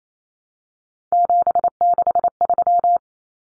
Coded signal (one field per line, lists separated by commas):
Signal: Morse code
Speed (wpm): 28 wpm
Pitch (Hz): 700 Hz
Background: none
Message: 763